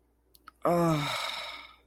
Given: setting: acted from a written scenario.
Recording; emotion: vocal sound without words; disappointment